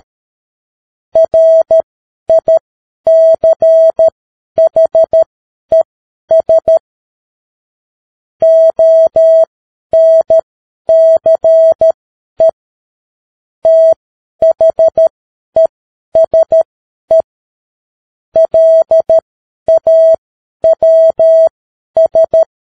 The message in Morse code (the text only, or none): RICHES ONCE THESE LAWS